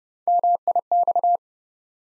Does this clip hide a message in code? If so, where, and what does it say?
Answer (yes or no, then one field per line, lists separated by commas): yes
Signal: Morse code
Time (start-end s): 0.3-1.4 s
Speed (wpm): 30 wpm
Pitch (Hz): 700 Hz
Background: none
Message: MIX